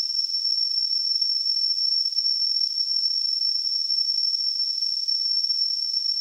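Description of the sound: A steady, high-pitched tone near 5 to 6 kHz with a soft hiss around it, unchanged for six seconds. This is a simulated tinnitus sound, the constant ringing or hissing a person with tinnitus may hear.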